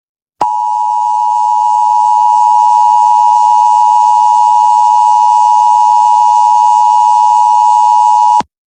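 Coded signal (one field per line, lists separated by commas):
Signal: Emergency Alert System (SAME) tones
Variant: 853 and 960 Hz attention tone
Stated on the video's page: EAS flash flood warning for Texas and Louisiana, heard on a Lake Charles station.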